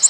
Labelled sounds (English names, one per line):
Nashville Warbler flight call